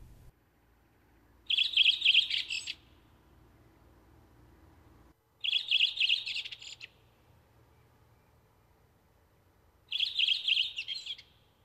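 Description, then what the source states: Redwing song, three short bright twittering phrases of high chirps separated by pauses of a few seconds. Featured as the nature sound of the week.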